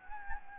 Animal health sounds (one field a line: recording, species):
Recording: mosquito wingbeat signal from an infrared sensor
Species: Anopheles gambiae